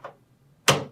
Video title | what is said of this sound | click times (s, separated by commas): How to Install Blum Tandem Drawer Slides - Face Frame Cabinet | and you'll hear the audible click | 0.7 s